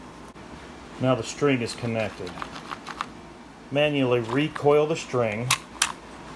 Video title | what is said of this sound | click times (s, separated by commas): “pull cord” REPLACEMENT for a weedeater￼￼ (string trimmer￼) | it'll just click into place | 5.8 s